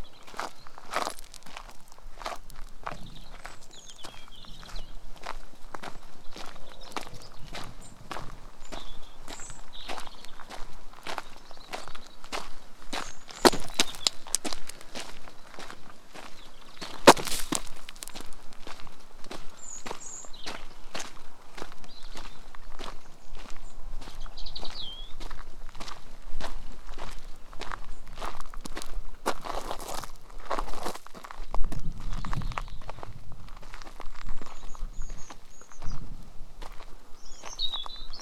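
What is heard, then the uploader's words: Footsteps on a stroll through a fenland farm, a fairly regular crunch of steps running the whole time. Small bird calls chirp faintly above the walking, with a few louder scuffs around the middle and a low rumble near the end. ASMR no talk just walk. A stroll though a fenland farm. A stroll through a fenland farm.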